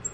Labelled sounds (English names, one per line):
Black-throated Green Warbler flight call